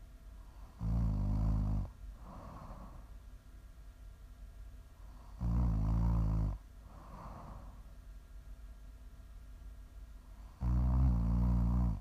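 Three loud, low-pitched rattling snores, each about a second long, come on inhalation roughly every five seconds (about 12 breaths a minute), with softer breathy exhalations filling the gaps. Steady, regular snoring of an adult during sleep, offered as ASMR to sleep, relax or wind down to.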